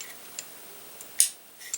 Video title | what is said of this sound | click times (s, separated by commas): Glock 43 the installation of the Ghost 3 5 Connector | heard to click in place | 1.2 s